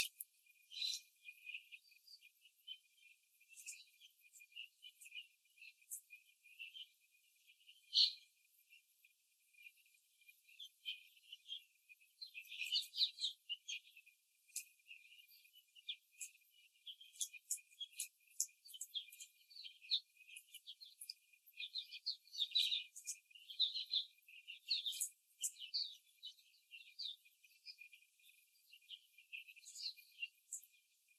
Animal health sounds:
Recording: young laying hens in a cage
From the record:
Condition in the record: before the stressor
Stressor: simulated dog barking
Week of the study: 3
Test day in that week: 2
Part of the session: 4

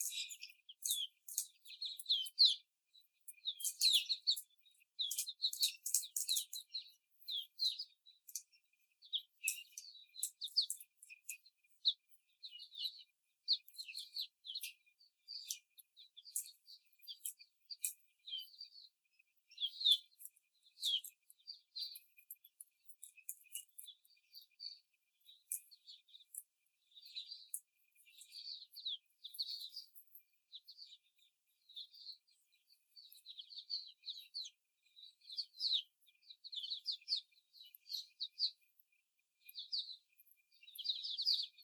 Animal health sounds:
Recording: young laying hens in a cage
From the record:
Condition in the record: before the stressor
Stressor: simulated dog barking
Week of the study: 4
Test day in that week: 2

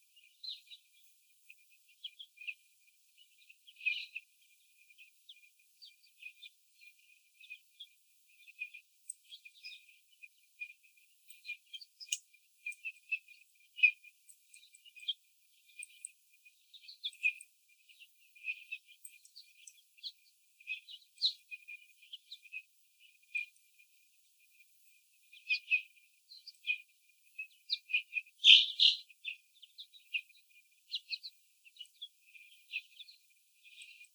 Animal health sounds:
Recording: young laying hens in a cage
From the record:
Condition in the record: before the stressor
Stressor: sudden umbrella opening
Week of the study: 3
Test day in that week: 2

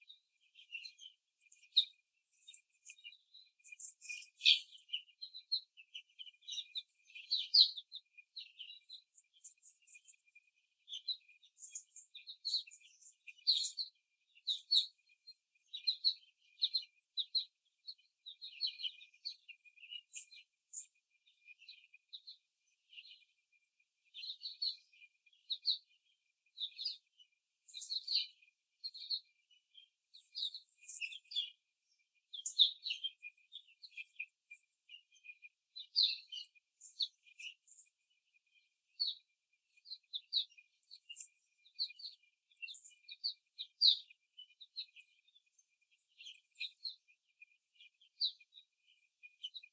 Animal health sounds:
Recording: young laying hens in a cage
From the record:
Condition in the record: after the stressor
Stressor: simulated dog barking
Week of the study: 3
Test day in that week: 1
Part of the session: 3

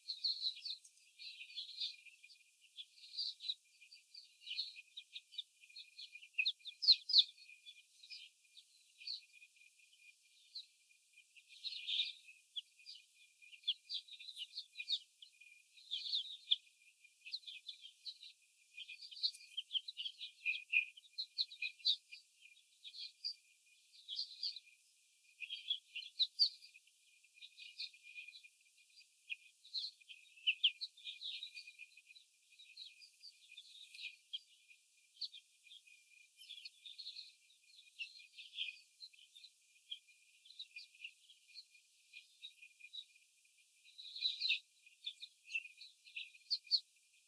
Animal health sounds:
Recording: young laying hens in a cage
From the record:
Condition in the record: before the stressor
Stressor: simulated dog barking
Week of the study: 4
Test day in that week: 3

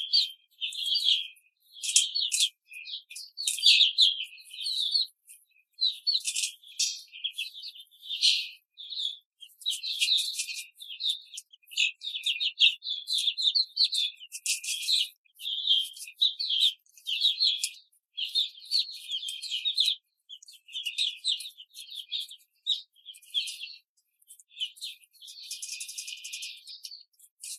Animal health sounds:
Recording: young laying hens in a cage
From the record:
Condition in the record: control cage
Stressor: none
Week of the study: 5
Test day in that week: 1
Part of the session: 1

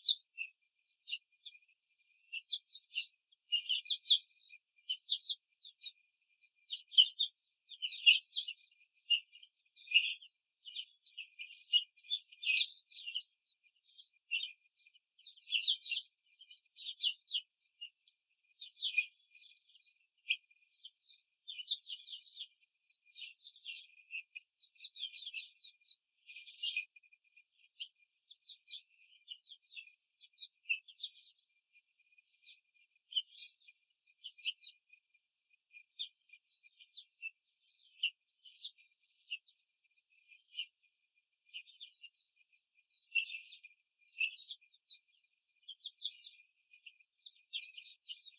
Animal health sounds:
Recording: young laying hens in a cage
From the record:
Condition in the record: control cage, before the stress test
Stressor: none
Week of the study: 4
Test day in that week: 1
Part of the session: 4

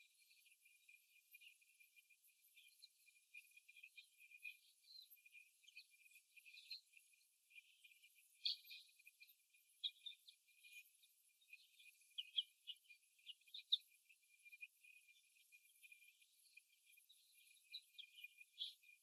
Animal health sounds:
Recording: young laying hens in a cage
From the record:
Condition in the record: before the stressor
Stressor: simulated dog barking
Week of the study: 1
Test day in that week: 1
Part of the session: 3

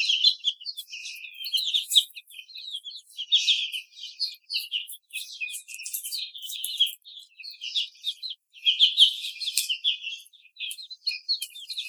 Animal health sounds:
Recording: young laying hens in a cage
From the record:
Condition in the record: treatment cage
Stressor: simulated dog barking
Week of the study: 5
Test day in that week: 1

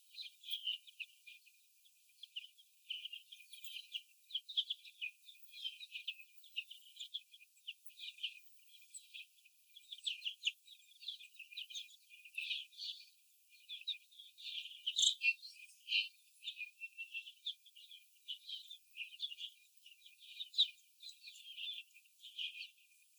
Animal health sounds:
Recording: young laying hens in a cage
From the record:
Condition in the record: after the stressor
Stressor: sudden umbrella opening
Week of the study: 2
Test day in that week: 1

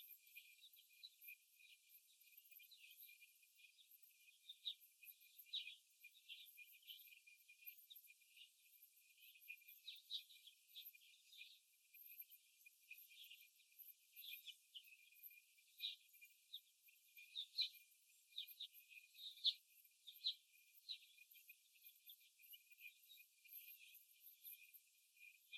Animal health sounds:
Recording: young laying hens in a cage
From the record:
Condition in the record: after the stressor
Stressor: simulated dog barking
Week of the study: 1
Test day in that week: 2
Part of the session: 3

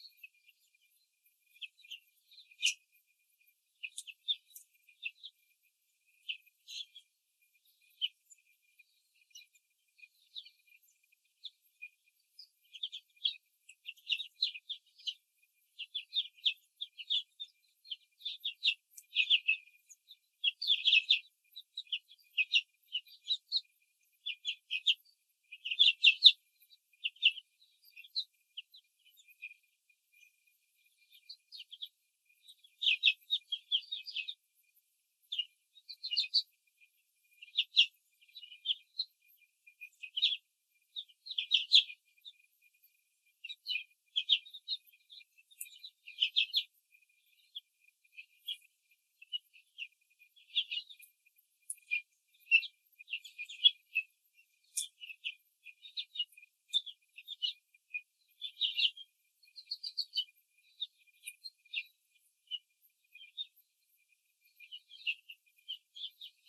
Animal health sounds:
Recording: young laying hens in a cage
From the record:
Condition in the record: control cage, after the stress test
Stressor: none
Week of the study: 4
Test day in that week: 3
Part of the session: 3

